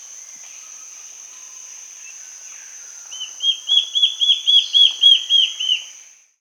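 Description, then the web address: Black-faced Antbird call: a quick run of about eleven arched, whistled notes lasting roughly three seconds, over a steady high drone heard throughout. Peru. "Birds of the Amazon 2. Black-faced Antbird (Myrmoborus myotherinus), Peru"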